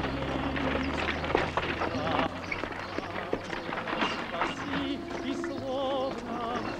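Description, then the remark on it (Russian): Horse-drawn carts rolling along a country road, with irregular hoof clops and rumbling wheels over a dense, busy clamor, while indistinct voices murmur. “Позади едут телеги.”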